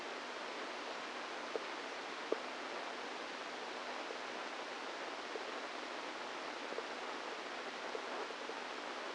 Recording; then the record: brain microelectrode recording played as sound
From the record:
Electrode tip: inside the subthalamic nucleus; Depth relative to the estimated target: -2 mm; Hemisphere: right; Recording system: NeuroSet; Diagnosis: Parkinson's disease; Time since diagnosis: 10 years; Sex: female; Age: 45 years